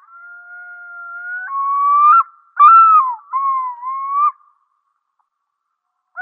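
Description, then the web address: Yellow-billed loon calling: a long steady wailing note, then a series of loud rising-and-falling yodel phrases, then silence and the start of another note at the very end. "Schulze Peter Yellow-billed Diver"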